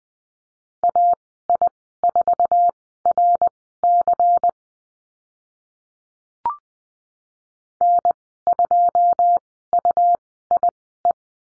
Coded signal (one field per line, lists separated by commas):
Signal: Morse code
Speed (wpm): 20 wpm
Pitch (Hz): 700 Hz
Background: none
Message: AI4RC N2UIE